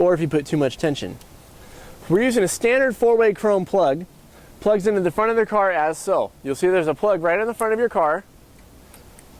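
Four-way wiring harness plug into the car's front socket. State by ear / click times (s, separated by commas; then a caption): seated / 9.2 s. A standard four-way chrome towing light plug is pushed into the socket on the front of a towed car while someone talks. A brief tap is heard at 8.9 s, followed by a sharp snap at 9.2 s as the plug seats and locks in place.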